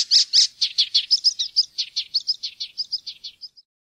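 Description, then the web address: Icterine warbler song phrase, a quick run of many high chattering notes that grow softer and fade out. Chorus. "fuglelyder-1 gulsanger"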